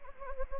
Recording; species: mosquito wingbeat signal from an infrared sensor; Anopheles gambiae